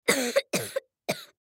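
Three short, sharp coughs come in quick succession over about a second and a half, the first two ending in a brief voiced catch. These are plain, moderately loud coughs from a twelve-year-old boy, recorded as a sound effect.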